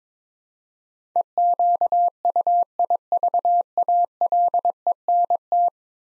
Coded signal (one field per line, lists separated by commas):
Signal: Morse code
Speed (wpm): 22 wpm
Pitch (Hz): 700 Hz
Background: none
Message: EQUIVALENT